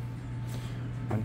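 A lid is set on a rigid sterilization container and its latches are closed against a steady low hum. A sharp latch click sounds at 1.1 s as the lid latch locks and the lid is seated.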